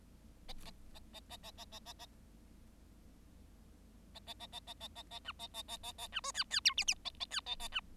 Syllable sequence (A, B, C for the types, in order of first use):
A A A A A A A A A A A A A A A A A A B A A A A A B C D D E F F A A D A A B